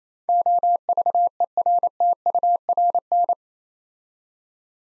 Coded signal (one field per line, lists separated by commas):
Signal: Morse code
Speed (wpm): 27 wpm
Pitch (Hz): 700 Hz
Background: none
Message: OVERTURN